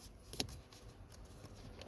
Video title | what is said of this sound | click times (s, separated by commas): Chevy Trailblazer Cabin Air Filter Remove and Replace Change DIY 2021 and Others Similar | and this is just going to snap right in | 0.4 s